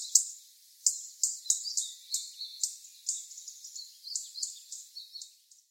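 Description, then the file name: European robin calls: sharp, high ticking chirps given singly and in loose runs, irregularly spaced throughout, with a softer twittering between them. "Erithacus rubecula"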